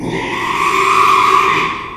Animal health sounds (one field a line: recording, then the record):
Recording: squeal of a Yucatan mini pig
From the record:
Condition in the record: after surgery on the right vocal fold (resection and tissue-engineered implant)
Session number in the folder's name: 1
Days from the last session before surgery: 6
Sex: male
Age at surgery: 12 weeks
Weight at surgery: 13 kg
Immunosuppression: cyclosporine, prednisolone